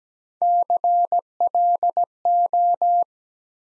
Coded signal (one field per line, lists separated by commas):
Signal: Morse code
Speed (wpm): 17 wpm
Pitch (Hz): 700 Hz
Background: none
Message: CLO